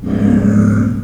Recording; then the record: squeal of a Yucatan mini pig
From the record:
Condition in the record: after surgery on the right vocal fold (resection and tissue-engineered implant); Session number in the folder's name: 13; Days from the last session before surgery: 113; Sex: female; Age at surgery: 19 weeks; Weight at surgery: 25 kg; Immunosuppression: prednisolone